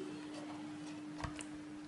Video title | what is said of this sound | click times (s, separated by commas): Tutorial Membongkar dan Merakit Komputer dengan Baik dan Benar | sampai ada bunyi klik seperti itu kemudian | 1.2 s, 1.4 s